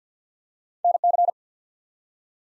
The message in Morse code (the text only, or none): NC